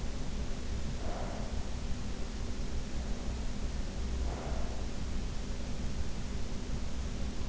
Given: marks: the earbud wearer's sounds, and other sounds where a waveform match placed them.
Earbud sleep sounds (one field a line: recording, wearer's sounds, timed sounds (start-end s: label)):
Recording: sounds in sleep by an in-ear microphone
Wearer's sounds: breath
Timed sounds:
0.79-1.89 s: breath
4.06-5.32 s: breath